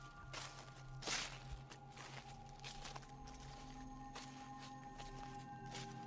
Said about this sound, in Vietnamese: Lúc ngó đầu ra thì lại chẳng thấy gì, nhưng hễ cứ đặt chân xuống là tiếng bước chân lẹt xẹt lại vang lên.